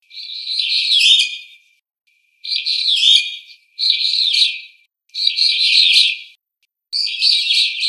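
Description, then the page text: Brown-eared bulbul giving five harsh, screechy calls separated by short silent gaps; high-pitched and noisy with no other sounds. "ヒヨドリの鳴き声"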